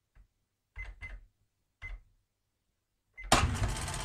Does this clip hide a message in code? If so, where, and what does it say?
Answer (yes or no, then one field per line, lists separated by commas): no